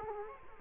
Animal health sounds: mosquito wingbeat signal from an infrared sensor; Culex quinquefasciatus

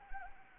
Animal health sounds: mosquito wingbeat signal from an infrared sensor; Anopheles arabiensis

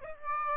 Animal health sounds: mosquito wingbeat signal from an infrared sensor; Aedes aegypti

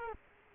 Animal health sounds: mosquito wingbeat signal from an infrared sensor; Culex quinquefasciatus

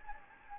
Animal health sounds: mosquito wingbeat signal from an infrared sensor; Anopheles gambiae

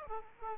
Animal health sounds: mosquito wingbeat signal from an infrared sensor; Aedes aegypti

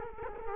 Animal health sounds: mosquito wingbeat signal from an infrared sensor; Culex quinquefasciatus

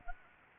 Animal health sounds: mosquito wingbeat signal from an infrared sensor; Anopheles arabiensis

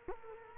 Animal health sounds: mosquito wingbeat signal from an infrared sensor; Culex quinquefasciatus

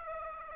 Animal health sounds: mosquito wingbeat signal from an infrared sensor; Aedes aegypti

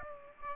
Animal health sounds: mosquito wingbeat signal from an infrared sensor; Aedes aegypti

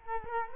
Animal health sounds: mosquito wingbeat signal from an infrared sensor; Culex quinquefasciatus

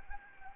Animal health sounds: mosquito wingbeat signal from an infrared sensor; Anopheles gambiae

